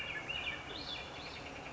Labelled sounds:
Swainson's Thrush
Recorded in Sonoma County, California

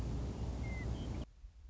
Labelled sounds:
Western Meadowlark
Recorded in Sonoma County, California

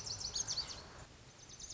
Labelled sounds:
Lazuli Bunting
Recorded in Sonoma County, California

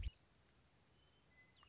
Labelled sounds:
Western Meadowlark
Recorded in Sonoma County, California

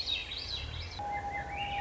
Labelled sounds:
Swainson's Thrush
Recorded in Sonoma County, California

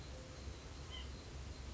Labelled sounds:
White-breasted Nuthatch
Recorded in Sonoma County, California

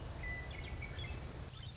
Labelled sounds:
Western Meadowlark
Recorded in Sonoma County, California

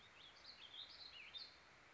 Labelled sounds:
Warbling Vireo
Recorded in Sonoma County, California

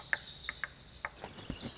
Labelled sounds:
Lazuli Bunting
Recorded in Sonoma County, California

